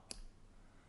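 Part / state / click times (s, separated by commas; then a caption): lighter top housing on the lighter body / released / 0.1 s. With the screw removed from an Aomai flint torch butane lighter, the top housing is pulled slightly upward on the lighter body until it clicks free. A sharp click sounds at 0.1 s, followed by a fainter tick at 0.9 s, and the top is released.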